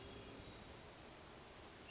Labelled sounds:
Hermit Thrush
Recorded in Sonoma County, California

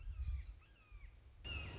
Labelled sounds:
Red-shouldered Hawk
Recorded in Sonoma County, California

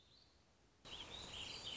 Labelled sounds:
Warbling Vireo
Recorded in Sonoma County, California

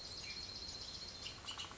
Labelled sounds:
Bullock's Oriole
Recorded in Sonoma County, California

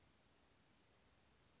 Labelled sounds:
Western Flycatcher
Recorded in Sonoma County, California

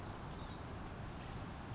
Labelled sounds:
Savannah Sparrow
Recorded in Sonoma County, California

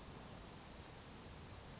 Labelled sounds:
California Towhee
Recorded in Sonoma County, California

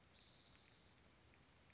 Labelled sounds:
Spotted Towhee
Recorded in Sonoma County, California

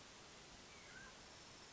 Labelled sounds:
Mountain Quail
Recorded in Sonoma County, California

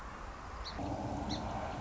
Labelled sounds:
Song Sparrow
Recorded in Sonoma County, California

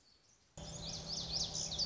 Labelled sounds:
Lazuli Bunting
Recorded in Sonoma County, California

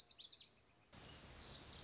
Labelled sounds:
Lazuli Bunting
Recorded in Sonoma County, California

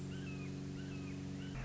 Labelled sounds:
Red-shouldered Hawk
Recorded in Sonoma County, California

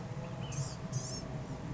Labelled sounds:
Blue-gray Gnatcatcher
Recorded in Sonoma County, California

